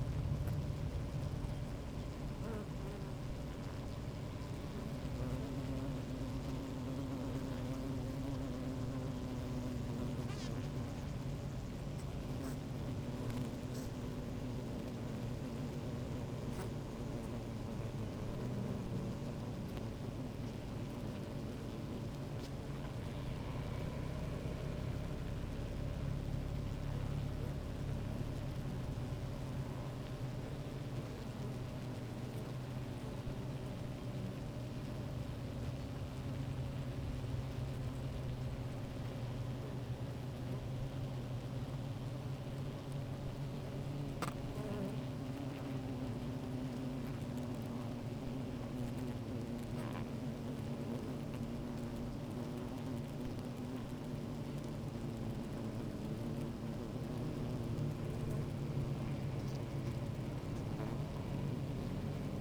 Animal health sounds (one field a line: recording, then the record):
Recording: honeybee colony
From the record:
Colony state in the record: active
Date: 28 July 2017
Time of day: 16:01